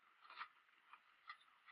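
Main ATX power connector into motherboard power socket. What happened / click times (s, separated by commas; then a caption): The power connector is being lined up on its socket, not yet seated / none. A main 20/24-pin ATX power connector is being lined up over the motherboard power socket before being pressed in, producing faint scraping with brief ticks at about 0.9 s and 1.3 s. Nothing has seated or clicked yet.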